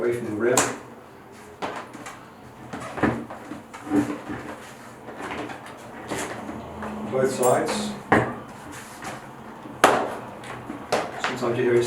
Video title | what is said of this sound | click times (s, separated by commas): How To Change A Road Bike Innertube - Fix a Puncture - CycleStore | Sometimes you hear it snap off if it's been a particularly tight fit. | 9.8 s